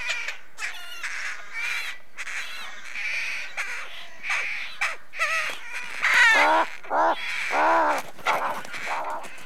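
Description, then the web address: Rooks in a busy chorus of harsh, nasal caws, overlapping and uneven, growing louder and denser in the second half. Rooks calling at a rookery. "The BBC Sound Effects Library. Rookery"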